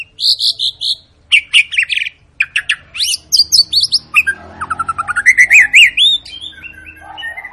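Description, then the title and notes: White-rumped shama giving bright repeated whistles and rapid chattering phrases, building into a fast, continuous warbling series near the end. Long lure song of a singing white-rumped shama, played to prompt other birds to sing. "Pancingan Murai Batu Gacor Panjang. muraiku"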